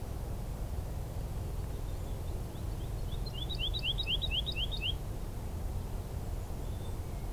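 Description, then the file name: Woodlark song: a short crescendo of rapid repeated slurred notes lasting about two and a half seconds, then fading, with constant low-pitched background rumble. Recorded 16 March 2023 on a lower path. "Alouettes-lulu 2023-03-16 sentier bas"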